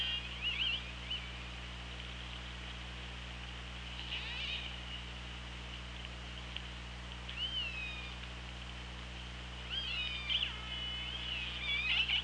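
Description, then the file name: Orca calls: several upswept, squealing tonal calls in scattered bursts, clustering near the end, over a steady low hum. 24 August 2017, 16:58. "Orca Lab"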